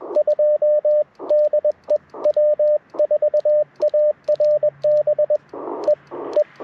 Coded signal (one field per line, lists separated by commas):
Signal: Morse code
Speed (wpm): 20 wpm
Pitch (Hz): 590 Hz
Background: radio noise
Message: 2 DE W4ARB EE